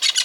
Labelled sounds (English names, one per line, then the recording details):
Brown-throated Parakeet contact call
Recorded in Venezuela
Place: Guárico; Corozopando; Fundo La Fe
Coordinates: 8.506, -67.593